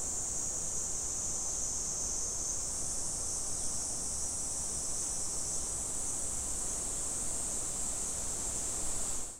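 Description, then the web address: Cicada producing a steady, piercing high buzz throughout, with low rumble underneath. Recorded 19 July 2011. "fukudai cicada 110719 cicada 0719"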